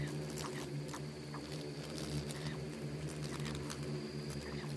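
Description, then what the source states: Swarming insects give a continuous low buzzing drone, with scattered dry clicks and taps and a faint high steady tone above. Bugs and beetles swarming in the Namib desert; a desert seeming quiet at first listen but full of soundscapes and micro-sounds.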